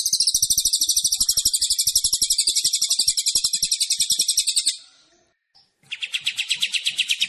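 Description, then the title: Kapas tembak and Cililin: high, fast, buzzy trill from a songbird lasting several seconds, fading out, then a lower stuttering series of repeated chips begins. Clear masteran combination of two songbirds for songbird training. "Masteran Kombinasi KAPAS TEMBAK VS CILILIN Jernih"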